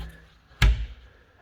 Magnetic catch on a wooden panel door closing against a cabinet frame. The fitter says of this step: and then the magnet on the bottom you can kind of hear it click in